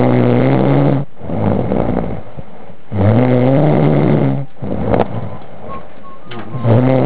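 An adult snoring: low, rumbling snores repeating roughly every three seconds.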